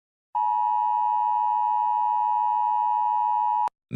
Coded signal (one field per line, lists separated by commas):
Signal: Emergency Alert System (SAME) tones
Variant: 853 and 960 Hz attention tone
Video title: EAS Scenario #43: The Return of the USSR.